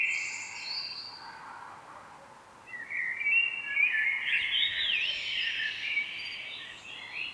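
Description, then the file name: Common blackbird song: a faint phrase fades out, then a fuller warble returns, climbing into squeaky, scratchy high notes. "Turdus merula"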